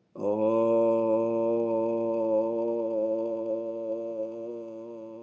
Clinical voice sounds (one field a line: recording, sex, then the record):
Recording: sustained vowel /o/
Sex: male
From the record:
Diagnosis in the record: healthy control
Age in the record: 60 years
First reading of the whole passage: 60 s, 8.3 characters per second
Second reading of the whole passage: 54 s, 9.4 characters per second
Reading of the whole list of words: 38 s, 7.2 characters per second